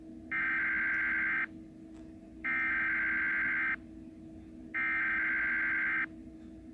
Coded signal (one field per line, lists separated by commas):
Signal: Emergency Alert System (SAME) tones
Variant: header bursts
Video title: EAS MOCK: AMBER ALERT